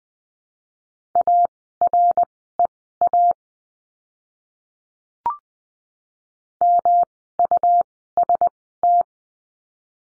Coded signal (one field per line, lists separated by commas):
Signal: Morse code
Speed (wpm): 20 wpm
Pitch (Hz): 700 Hz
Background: none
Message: AREA MUST